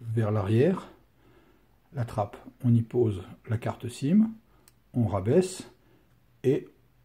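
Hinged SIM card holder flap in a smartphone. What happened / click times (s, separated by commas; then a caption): The SIM holder flap is handled but not yet latched / none. A SIM card is placed into the metal hinged SIM card holder of a HOMTOM HT20 Pro 4G smartphone and the flap is lowered while someone talks throughout. The clip ends before the flap is slid down to lock, so nothing has seated or clicked yet.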